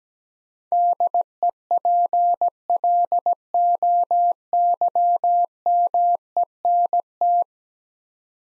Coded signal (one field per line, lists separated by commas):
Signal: Morse code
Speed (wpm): 17 wpm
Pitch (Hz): 700 Hz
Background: none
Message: DEPLOYMENT